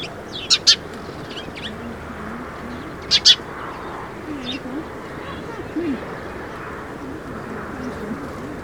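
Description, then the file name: House sparrow giving two pairs of sharp chirps, with softer chirps between and after. "Passer domesticus"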